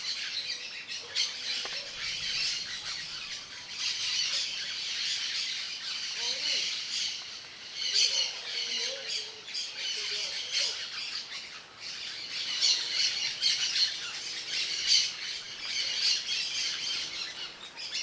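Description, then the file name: Parakeets in a dense flock chattering continuously with high, scratchy squawks and chirps overlapping throughout. Many parakeets singing together. "Muitos periquitos cantando"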